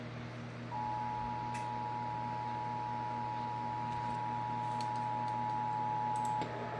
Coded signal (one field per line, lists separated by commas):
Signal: Emergency Alert System (SAME) tones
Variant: 853 and 960 Hz attention tone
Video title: FM EAS Severe Thunderstorm Warning On WKML-FM And WFLB-FM EAS #4367 #4368